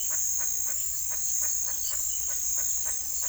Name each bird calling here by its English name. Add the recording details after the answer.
Speckled Chachalaca. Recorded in secondary vegetation near Puerto Asís, Putumayo, Colombia, on 20 February 2024 at 17:30. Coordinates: 0.500, -76.326. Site G6428